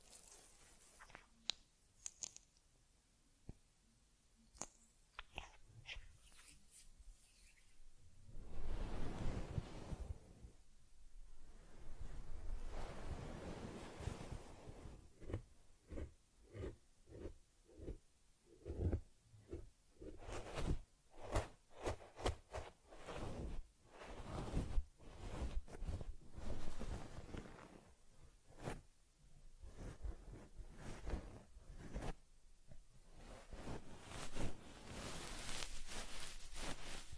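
Teddy gets a head massage, cleansing, fur combing and ear cleaning, heard as soft rubbing and brushing strokes against fur and fabric. The strokes come in quick irregular bursts, sparse early on and growing denser and brighter after about fifteen seconds, with occasional sharp scratchy swipes.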